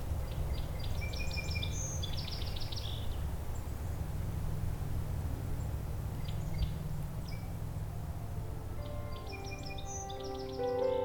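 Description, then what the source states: Song Sparrow song phrases of buzzy trills and clipped notes come in at the start and again near the end, with other high chirps and a constant low background rumble. Back again, heard in a swamp at dawn in early April 2021.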